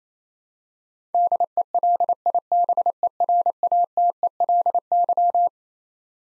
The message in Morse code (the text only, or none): DELIBERATELY